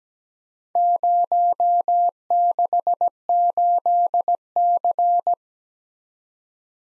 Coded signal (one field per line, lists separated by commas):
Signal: Morse code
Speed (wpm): 17 wpm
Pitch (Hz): 700 Hz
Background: none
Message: 068C